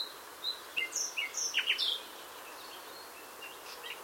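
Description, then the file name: Common nightingale song: a quick burst of varied sharp whistles and chirps over about a second and a half, then quiet with a few faint high notes. "Luscinia megarhynchos"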